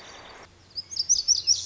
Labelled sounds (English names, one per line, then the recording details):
Lazuli Bunting
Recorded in Sonoma County, California